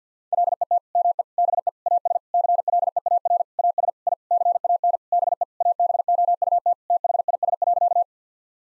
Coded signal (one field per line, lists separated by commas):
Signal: Morse code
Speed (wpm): 50 wpm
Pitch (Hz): 700 Hz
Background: none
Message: LET ME BE AS CLEAR AS I CAN BE ABOUT THIS.